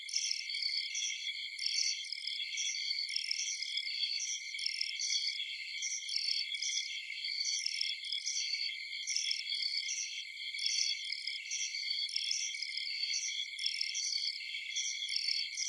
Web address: Blastwave INSECTS Amb Night Forest. ambience insects chirps night field bugs